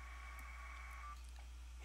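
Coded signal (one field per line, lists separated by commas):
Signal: packet radio (AX.25, as in APRS)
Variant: 1200 baud AFSK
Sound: one second-long warbling data burst of two rapidly alternating tones, then hiss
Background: low mains hum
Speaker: the packets going back some forwards there we go all right so we're connected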